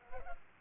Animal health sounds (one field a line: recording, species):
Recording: mosquito wingbeat signal from an infrared sensor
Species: Culex pipiens